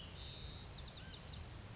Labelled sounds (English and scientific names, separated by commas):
White-crowned Sparrow (Zonotrichia leucophrys)